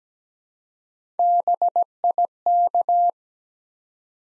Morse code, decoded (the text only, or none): BIK